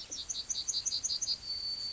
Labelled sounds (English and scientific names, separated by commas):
Yellowhammer (Emberiza citrinella) song